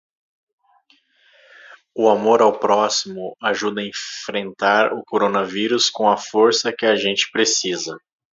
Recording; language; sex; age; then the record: spoken sentence; Brazilian Portuguese; male; 30 to 39 years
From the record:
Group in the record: control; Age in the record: 37 years